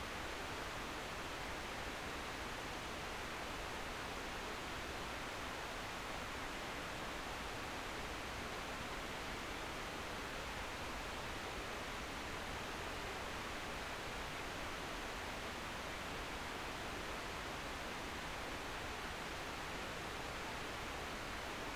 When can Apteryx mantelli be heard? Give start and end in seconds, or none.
none